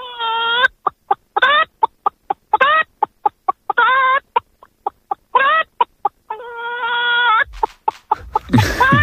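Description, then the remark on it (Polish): A phone-in caller's voice imitates a broody hen for an animal-sound guessing game, mixing rapid bursts of short, throaty clucks with longer drawn-out, wavering tones, loud and alone, before a rush of noise at the end. “Kurę typu kwoka.”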